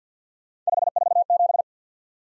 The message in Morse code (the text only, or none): 547